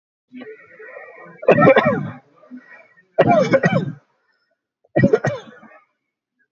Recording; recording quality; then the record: shallow voluntary cough; moderate, slight background noise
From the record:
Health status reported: healthy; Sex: male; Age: 29 years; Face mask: not worn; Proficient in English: yes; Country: India